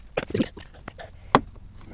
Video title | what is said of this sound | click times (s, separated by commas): Tesla Model Y (2026) - Awesome Blind Spot Detection Light Strip | There we got a click. | 1.4 s